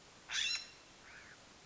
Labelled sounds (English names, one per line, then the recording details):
California Scrub-Jay
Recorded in Sonoma County, California